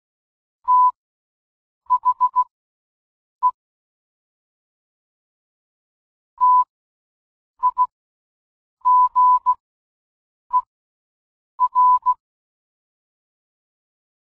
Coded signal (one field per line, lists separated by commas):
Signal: Morse code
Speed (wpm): 16 wpm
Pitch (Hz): 1000 Hz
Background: none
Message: THE TIGER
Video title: Morse Code Puzzle, Combination Locked Box, Book Titles, Bookcase Door